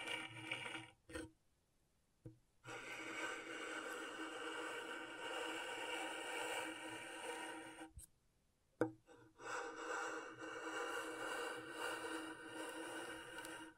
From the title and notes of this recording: ASMR Brain Tingling Scratchboard (No Talking).